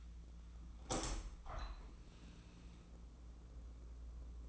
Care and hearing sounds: daily activity, microphone in the room; open window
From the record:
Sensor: 1

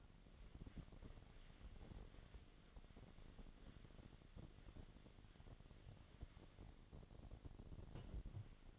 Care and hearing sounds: daily activity, microphone in the room; wipe stove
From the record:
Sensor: 4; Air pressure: 1007.8 hPa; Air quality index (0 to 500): 195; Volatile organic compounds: 7 ppm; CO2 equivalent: 1949 ppm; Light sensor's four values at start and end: 22/71/27/26 and 22/71/27/26

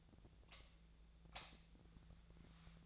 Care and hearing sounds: daily activity, microphone in the room; light off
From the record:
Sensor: 3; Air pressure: 1009.7 hPa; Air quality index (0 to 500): 191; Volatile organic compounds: 15 ppm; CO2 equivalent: 2490 ppm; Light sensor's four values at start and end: 45/119/50/51 and 39/96/41/44

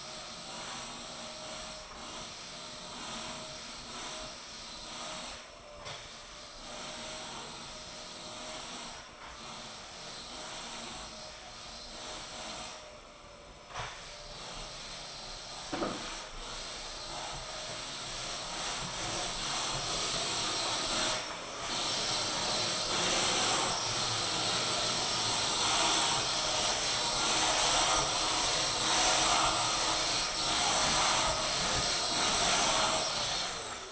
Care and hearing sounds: daily activity, microphone in the room; vacuum cleaning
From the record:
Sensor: 5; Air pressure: 1002.1 hPa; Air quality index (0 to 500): 211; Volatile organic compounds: 21 ppm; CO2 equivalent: 2737 ppm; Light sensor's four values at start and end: 10/24/10/11 and 10/23/9/10

